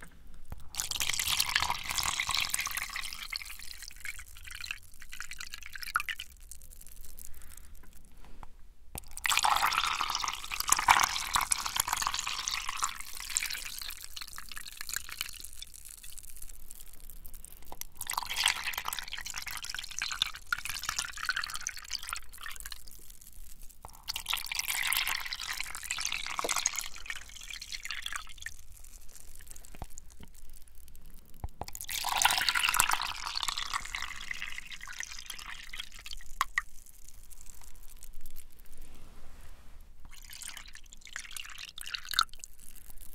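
Water drops fall while a sprayer hisses out in repeated bright bursts, about every six to eight seconds, each lasting a few seconds. Between sprays, softer dripping and trickling continue with small irregular taps, over a faint low hum.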